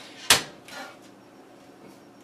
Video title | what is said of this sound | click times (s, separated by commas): live stream 0x001EF : BeQuiet Dark Base 700 build | be scared to push they tend to take it a lot of pressure to clip in so press | 0.3 s